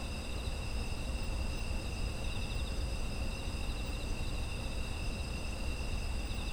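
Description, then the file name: Insects trill nonstop in a dense chorus of several shrill tones, some faintly pulsing, over steady low background rumble. Autumn insect ambient sound. "秋の虫の環境音"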